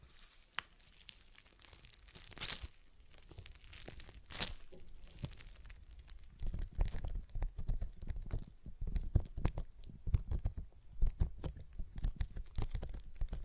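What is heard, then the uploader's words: A stress ball is squeezed and handled, giving crinkly, crunching rustles. The first six seconds are sparse, with a few sharp squeaky bursts near two and a half and four and a half seconds; after that the squeezing grows dense and busy, with rapid irregular crackles and low thumps. ASMR Relaxing Stress Ball Sounds (No Talking).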